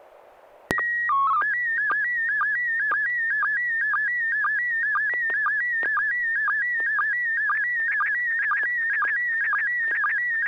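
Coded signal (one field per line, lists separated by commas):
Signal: SSTV (slow-scan television)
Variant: PD 120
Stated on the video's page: SSTV net on an FM repeater on 441.300 MHz, images sent with MMSSTV software.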